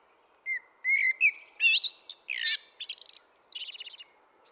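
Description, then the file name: Common blackbird song phrase: a few soft fluted notes rise into warbling, then a rapid run of buzzy, chattering high twitters ends it. "Turdus merula"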